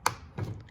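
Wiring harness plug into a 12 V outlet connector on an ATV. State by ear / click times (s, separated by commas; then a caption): seated / 0.1 s. A black wiring plug on a Honda ATV (Rancher, Foreman or Rubicon) is lined up by its grooves and pushed into the mating connector of the 12 V outlet harness, snapping in with a sharp click at 0.1 s. A duller, lower thud follows around 0.4 s, with faint small ticks near 0.6 and 0.7 s, and the connector is seated.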